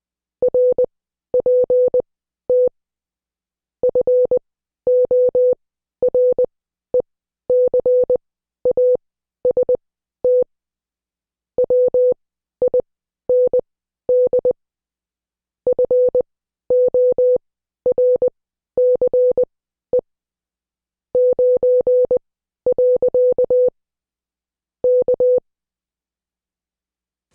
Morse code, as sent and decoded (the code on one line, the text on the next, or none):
.-. .--. - / ..-. --- .-. . -.-. .- ... - / .-- .. -. -.. / ..-. --- .-. -.-. . / ----. .-.-.- / -.-
RPT FORECAST WIND FORCE 9. K